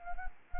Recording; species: mosquito wingbeat signal from an infrared sensor; Anopheles arabiensis